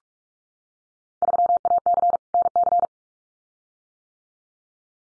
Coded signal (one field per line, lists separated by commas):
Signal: Morse code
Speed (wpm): 46 wpm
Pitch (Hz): 700 Hz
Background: none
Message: 3AC NC